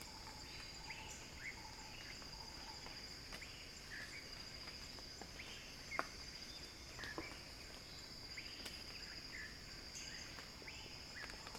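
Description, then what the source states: Steady shrill cicada buzzing runs throughout, overlaid by irregular chirps, short pulsed calls and a sharp click near the middle. Cicada song building as a crescendo.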